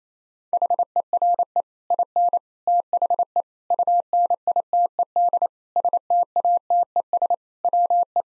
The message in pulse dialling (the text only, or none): none